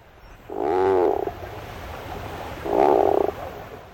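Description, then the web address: Tufted puffin groan-like calls: two low, buzzy, drawn-out moans under a second long, separated by a pause of roughly one and a half seconds, over faint background hiss. Described as a groan-like call. "Birdnote. Tufted Puffin, Clown face"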